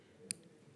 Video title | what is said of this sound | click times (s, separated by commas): HSN - Colleen Lopez Gemstone Jewelry 08.08.2023 - 01 AM | that snap? So it snaps and it's super locked. | 0.3 s